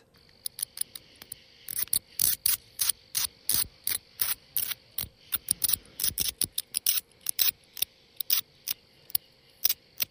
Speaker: those are the sounds being the echolocation sounds being produced by a little brown bat, which is a bat that's common in our area.